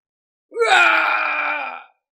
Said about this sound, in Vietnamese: Truyền đến tiếng gào không cam lòng với bất khuất.